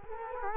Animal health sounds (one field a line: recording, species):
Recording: mosquito wingbeat signal from an infrared sensor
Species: Culex quinquefasciatus